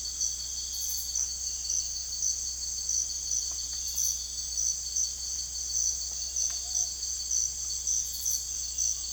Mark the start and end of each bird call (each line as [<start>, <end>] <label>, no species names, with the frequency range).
[6.12, 6.92] bird call (0.5-1.3 kHz)